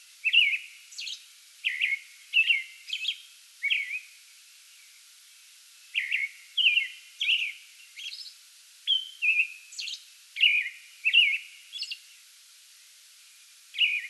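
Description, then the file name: American robin song of repeated whistled phrases in clusters with a gap early on, high hissy notes mixed among the lower caroling. Pre-dawn song bout recorded 8 May 2022. "2022-05-08 American Robin pre-dawn song bout"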